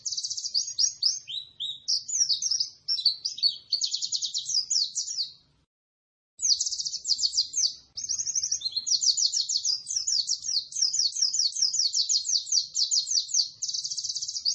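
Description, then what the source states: White-eye pouring out long, high twittering song bursts that are fast and jumbled, with one brief silence near the middle before the song resumes. Singing described as gacor, meaning lively singing.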